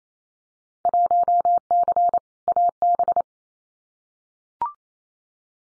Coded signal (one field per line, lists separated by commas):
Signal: Morse code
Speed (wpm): 28 wpm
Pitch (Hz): 700 Hz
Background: none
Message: 1C AB